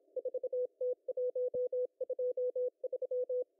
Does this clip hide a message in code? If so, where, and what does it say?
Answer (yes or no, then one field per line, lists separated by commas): yes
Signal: Morse code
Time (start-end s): 0.2-3.4 s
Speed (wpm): 25 wpm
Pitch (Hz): 500 Hz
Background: none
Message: 4T123